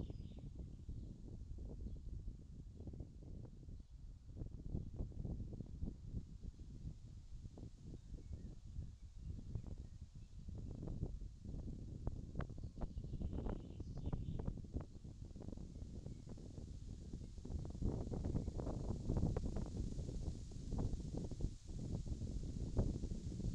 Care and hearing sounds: everyday scene through a hearing-aid microphone; wind on the microphone; wind, birds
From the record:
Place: in front of a rural house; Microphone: in the ear canal, left

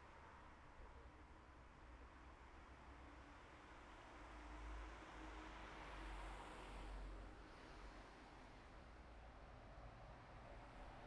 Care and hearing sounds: everyday scene through a hearing-aid microphone; in traffic; traffic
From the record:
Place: bus stop on a city main road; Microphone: behind the ear, right, rear

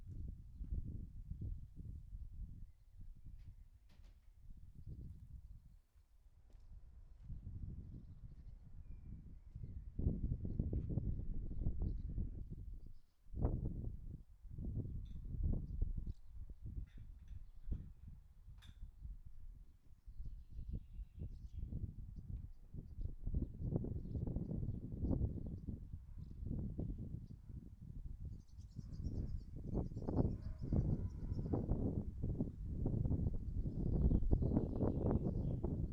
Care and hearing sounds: everyday scene through a hearing-aid microphone; wind on the microphone; wind, other noises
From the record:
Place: in front of a rural house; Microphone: behind the ear, right, front

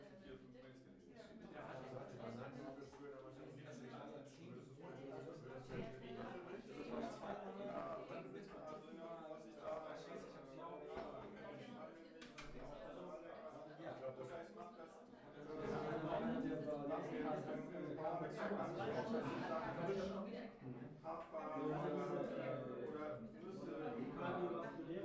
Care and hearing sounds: everyday scene through a hearing-aid microphone; many people talking; many voices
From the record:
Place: bistro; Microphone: behind the ear, right, rear

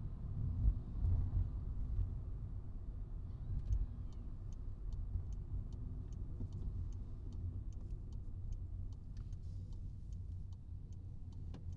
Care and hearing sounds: everyday scene through a hearing-aid microphone; in a vehicle; engine, highway traffic jam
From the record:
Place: Skoda Fabia, gasoline engine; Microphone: in the ear canal, right

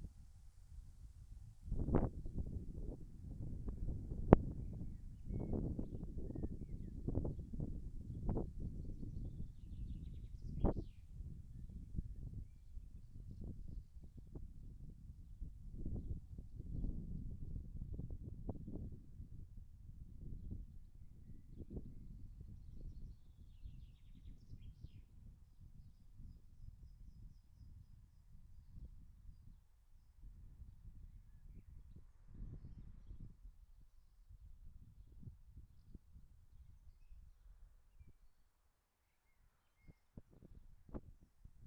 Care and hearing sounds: everyday scene through a hearing-aid microphone; wind on the microphone; wind, birds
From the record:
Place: in front of a rural house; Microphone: behind the ear, left, rear

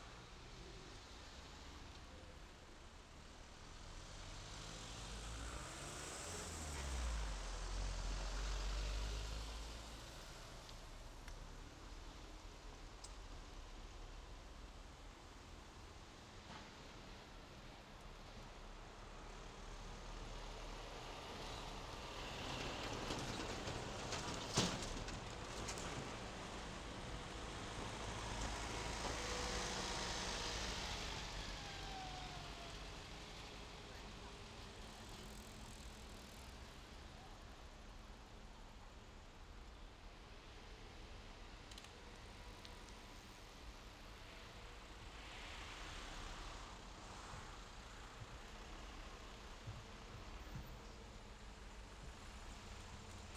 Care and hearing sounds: everyday scene through a hearing-aid microphone; in traffic; traffic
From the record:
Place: main road on the outskirts, rush hour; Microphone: in the ear canal, left

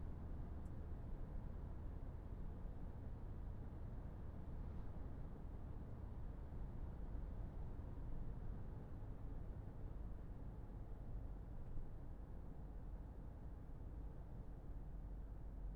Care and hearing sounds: everyday scene through a hearing-aid microphone; in a vehicle; engine, traffic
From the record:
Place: Berlingo II, diesel engine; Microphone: behind the ear, left, front

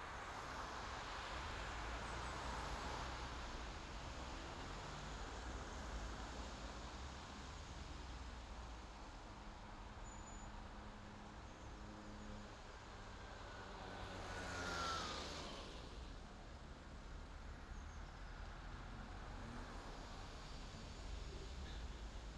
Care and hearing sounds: everyday scene through a hearing-aid microphone; in traffic; traffic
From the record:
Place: main city hub, rush hour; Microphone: in the ear canal, left

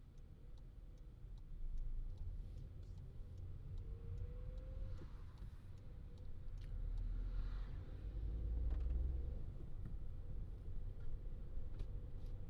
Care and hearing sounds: everyday scene through a hearing-aid microphone; in a vehicle; engine, traffic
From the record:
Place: Skoda Fabia, gasoline engine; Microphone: in the ear canal, left

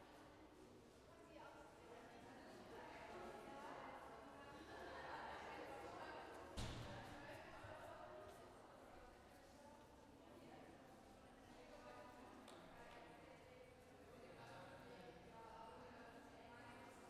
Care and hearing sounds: everyday scene through a hearing-aid microphone; reverberant space; background noise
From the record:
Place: railway station hall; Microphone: behind the ear, left, front

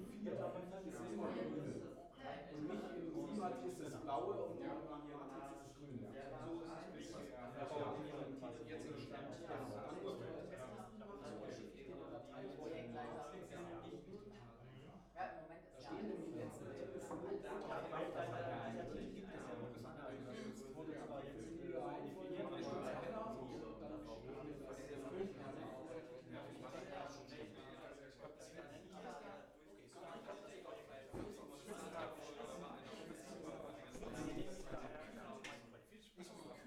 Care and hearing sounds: everyday scene through a hearing-aid microphone; many people talking; many voices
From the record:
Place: bistro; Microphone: behind the ear, left, front

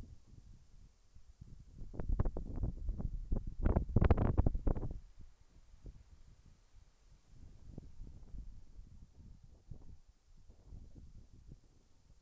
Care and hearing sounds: everyday scene through a hearing-aid microphone; wind on the microphone; wind, whistling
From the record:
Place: in front of a rural house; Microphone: behind the ear, left, front

